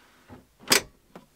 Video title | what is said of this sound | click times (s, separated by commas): DIY - Wohnmobil - aus ALT mach NEU - Küchenschubladen auf Softclose umrüsten - Lucky Camper | einrasten lassen | 0.7 s